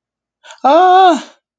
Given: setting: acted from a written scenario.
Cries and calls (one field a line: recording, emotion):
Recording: vocal sound without words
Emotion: distress